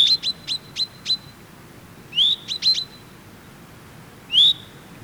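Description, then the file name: Common chaffinch calls: a string of crisp, high chips, then a rising slurred note and more chips, with a last upward-swept note near the end. "Fringilla coelebs"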